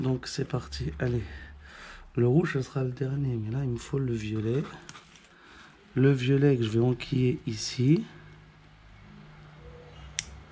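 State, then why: Seated. A violet wire's terminal is pushed into the connector of a replacement ignition switch while the switch is being rewired on a 1975 BMW 5 Series. Someone talks through most of the clip, then one sharp click is heard at 10.2 s as the terminal seats in the connector.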